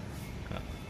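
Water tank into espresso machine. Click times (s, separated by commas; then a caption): 0.6 s. A plastic water tank is pushed into a La Spaziale Mini Vivaldi II S1 espresso machine. A short click is heard at 0.6 s over a steady low background hum as the tank seats home.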